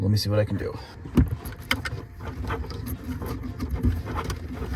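Someone talks while reaching behind a Balmar battery monitor display mounted in a van to plug a small Bluetooth adapter connector into the open second port on its back, installing the Bluetooth module that had been missing. Low rumbling and handling noise run throughout, with brief knocks and taps around 1.7, 1.9, 4.3 and 4.8 seconds. The connector has not yet clicked or seated by the end.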